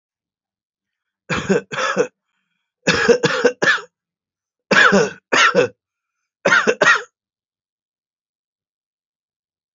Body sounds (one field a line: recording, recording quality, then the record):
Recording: heavy voluntary cough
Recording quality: excellent, no background noise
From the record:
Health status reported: healthy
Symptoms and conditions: diabetes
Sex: male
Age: 41 years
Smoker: yes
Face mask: not worn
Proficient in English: yes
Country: India